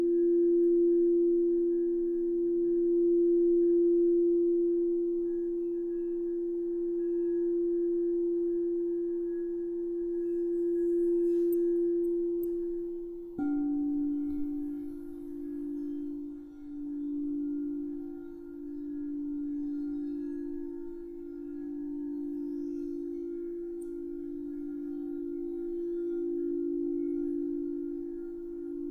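Crystal singing bowls hold a steady, sustained mid-pitched tone with a soft overtone above. At about 13 seconds the sound shifts to a new pair of tones that beat against each other in a slow, regular wavering pulse until the end.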